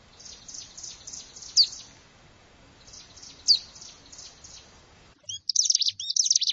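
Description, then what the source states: Prinia song: faint high buzzy phrases in a series, then a short break and louder, rapid wheezy phrases close together near the end. Recorded in a rice field.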